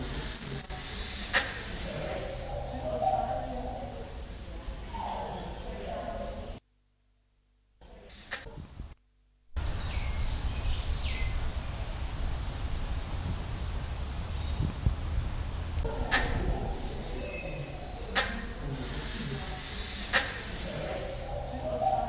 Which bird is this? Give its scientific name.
Lybius bidentatus